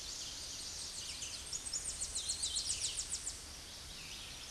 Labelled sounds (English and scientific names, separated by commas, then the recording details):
Tennessee Warbler (Leiothlypis peregrina) song
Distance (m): 35 m
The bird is about 15 m above the microphone
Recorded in a Pennsylvania forest on 16 May 2024 at 09:56
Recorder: AudioMoth, point MSD-2040
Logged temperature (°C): 15.3 °C
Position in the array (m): 67 m, 167 m